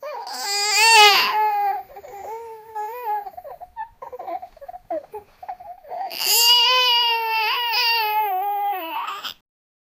Small baby crying.